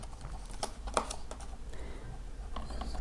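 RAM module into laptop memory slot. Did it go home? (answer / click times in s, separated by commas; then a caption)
yes / 1.0 s. A 512 MB RAM module is pressed into the memory slot of a 2003 Apple iBook G3 at 900 MHz, bringing it to its maximum of 640 MB. There are several small clicks and taps, the sharpest at 1.0 s, when the module clicks into place. The module is confirmed properly seated and engaged.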